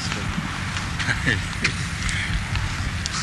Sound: chuckles

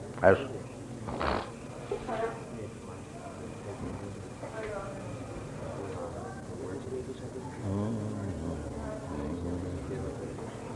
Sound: short exchange in Hindi; briefly, softly hums

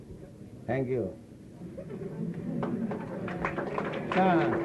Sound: applause

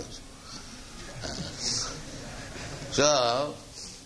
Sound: laughter

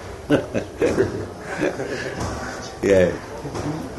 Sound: laughs

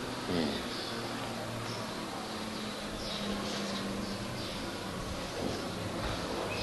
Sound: noise of traffic arriving

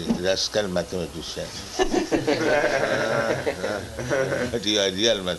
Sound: laughter

